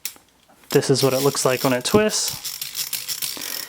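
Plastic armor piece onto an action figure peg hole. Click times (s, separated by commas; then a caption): 0.0 s. A plastic armor piece is pushed onto an action figure so its peg goes into the hole, and it clicks into place with a sharp snap at about 0.1 s. After a short quiet gap, someone talks while a few faint clicks sound near the end, and the piece stays seated.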